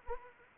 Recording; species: mosquito wingbeat signal from an infrared sensor; Anopheles arabiensis